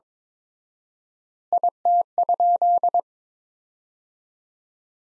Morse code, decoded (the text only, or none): IT?